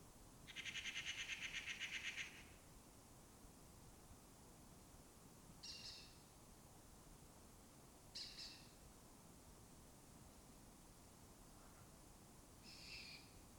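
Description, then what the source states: Lesser kestrel calls, a rapid rhythmic chattering trill, then three short harsh rasps spread over the next ten seconds. Breeding colony occupying an abandoned building complex in Doñana, southern Europe; migratory birds that forage in West Africa and breed in southern Europe.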